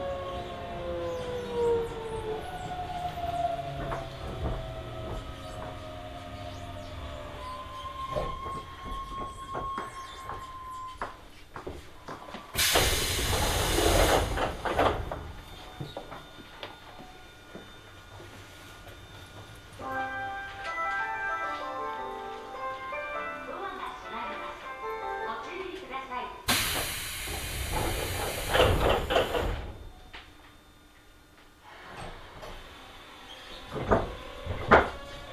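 A ride on a Hokuso Railway train running through onto the Toei Asakusa Line. Motor whine glides steadily in pitch, with stepping tones climbing in the middle as the train gathers speed, while two loud roaring rushes break in around 13 and 27 seconds.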